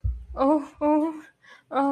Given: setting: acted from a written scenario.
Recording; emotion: vocal sound without words; distress